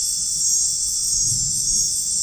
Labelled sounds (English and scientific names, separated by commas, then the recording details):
none
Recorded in dense forest near Puerto Asís, Putumayo, Colombia, on 13 March 2025 at 21:30
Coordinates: 0.503, -76.323
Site GP09